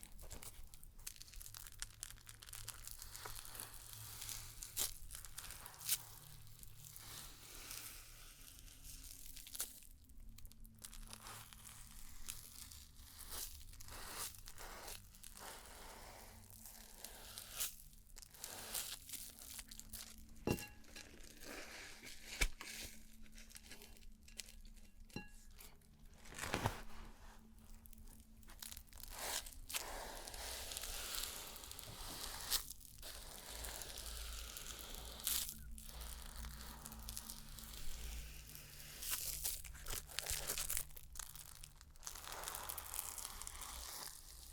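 A stone spa treatment: continuous crinkly rustling and handling noises with frequent sharp clicks and taps, over a faint, steady low hum.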